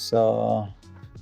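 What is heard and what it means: The powder-coated steel bellows frame of an ONDU Eikan 4x5" large format camera is being extended toward a lip on the camera body during a standard-to-range conversion. Someone talks briefly over music. Nothing has seated or clicked into place yet.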